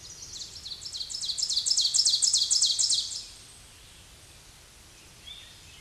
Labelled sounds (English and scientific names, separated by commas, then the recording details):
Ovenbird (Seiurus aurocapilla) song
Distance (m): 10 m
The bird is about level with the microphone
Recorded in a Pennsylvania forest on 16 May 2024 at 07:23
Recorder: AudioMoth, point MSD-2376
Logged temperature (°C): 16.7 °C
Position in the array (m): 150 m, -7 m